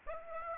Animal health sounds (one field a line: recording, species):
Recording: mosquito wingbeat signal from an infrared sensor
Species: Aedes aegypti